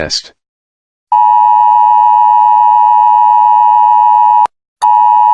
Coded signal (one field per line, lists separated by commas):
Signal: Emergency Alert System (SAME) tones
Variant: 853 and 960 Hz attention tone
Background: speech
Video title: All EAS Alarms of the Brazilian States